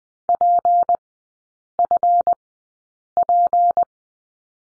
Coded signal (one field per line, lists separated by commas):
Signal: Morse code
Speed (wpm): 20 wpm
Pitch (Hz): 700 Hz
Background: none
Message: PFP